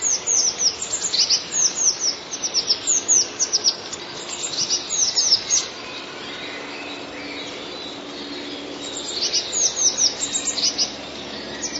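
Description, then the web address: Eurasian blue tit, high rapid chirping phrases of falling notes in the first six seconds, a lull, then another burst of twittering near the end. "wroblowe teka spiew. modraszkoteka"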